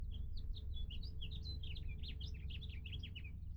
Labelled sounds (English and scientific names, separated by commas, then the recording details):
House Finch (Haemorhous mexicanus) song
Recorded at Hewlett Harbor on Long Island, New York, on 10 June 1975
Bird D